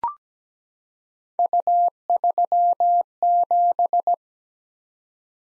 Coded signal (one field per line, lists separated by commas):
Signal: Morse code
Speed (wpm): 17 wpm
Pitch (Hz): 700 Hz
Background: none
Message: U37